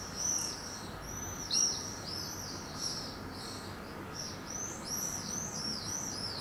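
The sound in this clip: Swifts keep up high, shrill arched screams in clustered bursts, with brief gaps between groups of calls, over faint steady noise.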